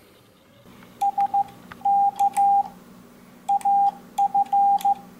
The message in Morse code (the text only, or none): SK AF